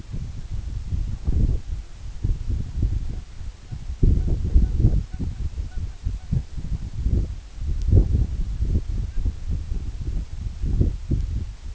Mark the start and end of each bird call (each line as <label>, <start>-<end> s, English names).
Canada Goose, 3.64-3.81 s
Canada Goose, 4.13-4.75 s
Canada Goose, 5.05-6.47 s
Canada Goose, 9.03-9.24 s